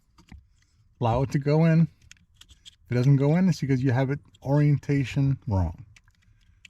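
Someone talks while trying to insert a PedalMonster accelerator pedal connector into the controller harness socket on a 2020 Nissan Titan Pro4X, with a few faint short taps of handling between phrases. The connector will not go in because it is in the wrong orientation, and nothing has seated or clicked yet.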